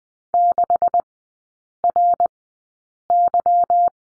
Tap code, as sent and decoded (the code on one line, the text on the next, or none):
none